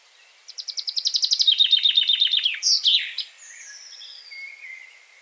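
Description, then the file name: Common chaffinch song phrase: a fast run of descending chips ending in a loud flourish, followed by faint softer notes. "Fringilla coelebs"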